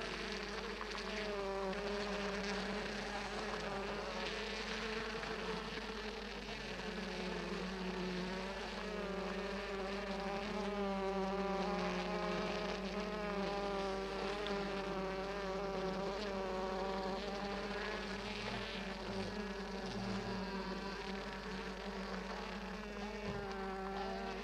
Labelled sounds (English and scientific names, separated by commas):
Honey Bee (Apis mellifera)